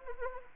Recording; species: mosquito wingbeat signal from an infrared sensor; Anopheles arabiensis